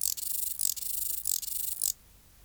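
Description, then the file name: Large mountain grasshopper song: a few long, harsh, rasping high-pitched phrases in close succession, then silence. "Stauroderus scalaris"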